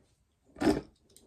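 A plastic vehicle part of a Transformers Bumblebee toy robot's body panel is handled and pushed toward the vehicle-mode body during transformation, making a broad plastic rustle and scrape from about 0.5 to 0.9 s, followed by faint small ticks near 1.1 and 1.2 s. Nothing has seated or clicked into place yet.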